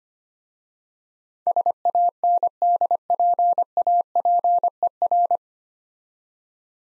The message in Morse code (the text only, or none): SANDPAPER